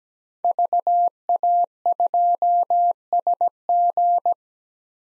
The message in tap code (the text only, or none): none